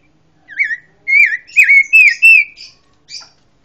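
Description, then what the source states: Pancawarna song: five loud, wavering whistled phrases delivered rapidly, followed by two short buzzy chirps. Song bursts called 'tembakan', praised as strong.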